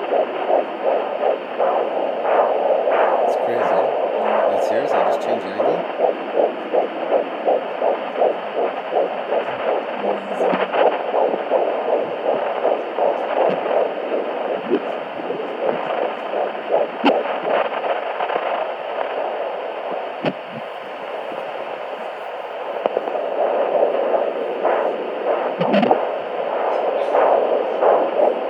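Fast, rhythmic whooshing pulses come through a Doppler monitor at roughly 160 beats a minute, over a steady hiss. This is a baby's heartbeat at 13.5 weeks of pregnancy, a rate typical for that stage.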